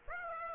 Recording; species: mosquito wingbeat signal from an infrared sensor; Aedes aegypti